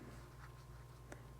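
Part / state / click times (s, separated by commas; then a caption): rubber lip seal into tandem power steering pump housing / seated / 1.1 s. A rubber lip seal is fitted upside down, lip facing up, into the tandem power steering pump housing during a rebuild of a 1995 Mercedes E320 Wagon pump. It goes in without bending or flexing, and a short, sharp click at 1.1 s over a steady low hum marks the seal popping into place. The seal is seated.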